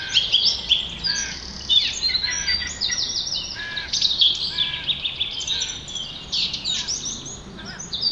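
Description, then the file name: Song thrush singing in lively bursts of high, clear whistles and chirrups, short figures repeated in quick succession, over a soft background hiss. "Turdus philomelos - Song Trush"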